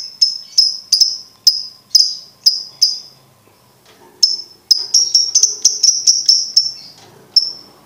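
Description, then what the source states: Lovebird chirping, a series of high, sharp notes repeated roughly every half second, a pause, then a fast run of closely spaced chirps. Masteran training recording for birds to learn ngekek.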